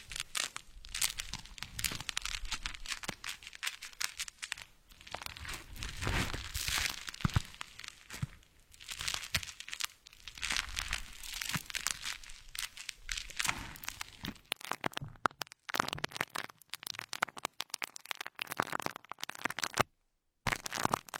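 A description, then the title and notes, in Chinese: Cosmetics trigger sounds: crinkling, crackling and tapping textures that run almost without pause, bright and busy with rapid small clicks. Intensity rises and falls in waves, and the sound cuts out briefly around 15 and 20 seconds. 化妆品触发音。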